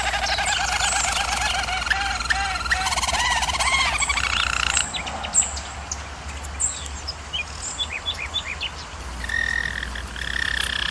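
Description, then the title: German Roller canary song: dense low rolling trill for several seconds, followed by scattered high chirps and short whistled notes. German Roller canary singing, used for canary training. "German Roller Canary Singing - Canary Training Vid"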